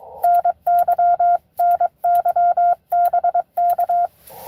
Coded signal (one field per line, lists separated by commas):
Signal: Morse code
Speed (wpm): 22 wpm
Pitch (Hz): 700 Hz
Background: none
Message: NY NY BK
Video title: N2AKJ is live! doing pota at us-2114 #pota #cw #n2akj #morsecode